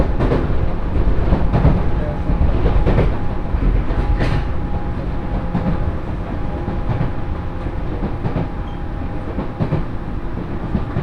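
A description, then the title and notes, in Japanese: A local train on the Senseki Line, running from Matsushima-Kaigan toward Ishinomaki, with a dense, steady low rumble throughout. Sharp rail clacks break through every second or so, and a faint, thin whine holds underneath the whole time. 仙石線 普通 松島海岸→石巻。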